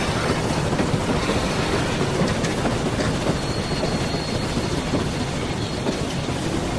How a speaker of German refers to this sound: Der Zug bremst ab.